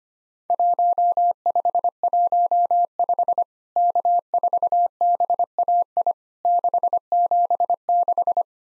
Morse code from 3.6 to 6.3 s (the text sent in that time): K4BAI